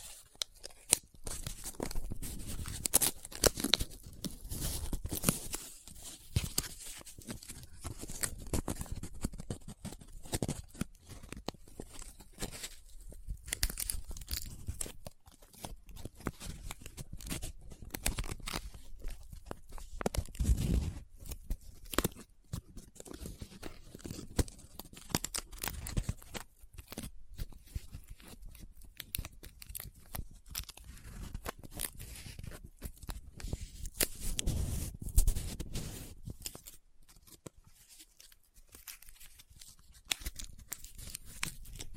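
Paper is handled throughout, crinkling, rubbing and scratching in dense, irregular bursts with no pauses. Sharp crackles cluster thickly, with heavier crumpling swells around 20 and 35 seconds, and the texture stays bright and busy from start to finish.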